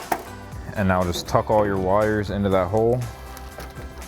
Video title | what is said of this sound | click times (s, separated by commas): 2019-2025 Sierra 1500 OEM Style LED Tail Light Review & Install | We're gonna grab that bed light, press it in till you hear that click, and then pop your light back in. | 0.1 s